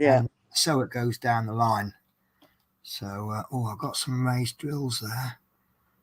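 Someone talks while handling raised resin diamond painting drills on the canvas, with a faint tap near 2.4 s between phrases. Nothing has been pressed home or clicked yet.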